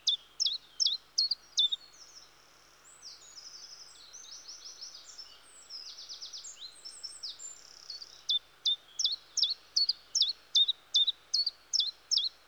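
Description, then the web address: Common chiffchaff song: bright, high notes repeated in a steady chiff-chaff rhythm, broken midway by a softer, rapid twittering run before the regular notes resume. "BBC Sound Effects Library. Chiffchaff"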